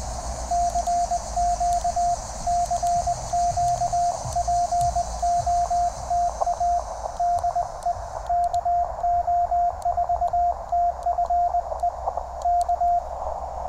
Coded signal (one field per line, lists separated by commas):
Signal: Morse code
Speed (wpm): 20 wpm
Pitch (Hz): 700 Hz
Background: radio noise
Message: CQ CQ POTA DE KO4TFE K